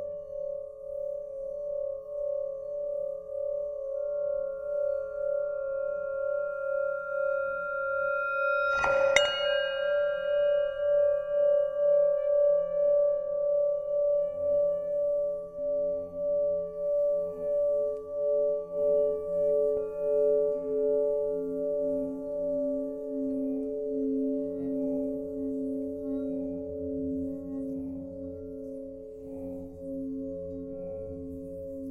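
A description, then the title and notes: A singing bowl rings with a steady, sustained tone, its sound swelling and fading in slow regular pulses as it is rubbed. Around nine seconds a sharp strike adds a bright burst, after which several overlapping tones hum on and gradually ease. Singing Bowl by Przemysław Laszczyk.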